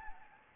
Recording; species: mosquito wingbeat signal from an infrared sensor; Anopheles gambiae